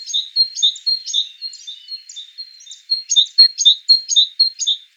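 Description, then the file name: Great tit uttering a continuous run of high, sharp chirping notes, about four per second, with a brief lower note midway. "Parus major"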